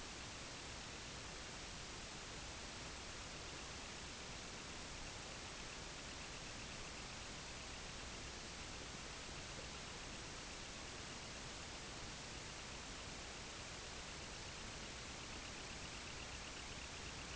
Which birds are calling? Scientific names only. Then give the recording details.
Calidris pusilla. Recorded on Arctic tundra, site IGLO-D, on 16 June 2018. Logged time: 12:00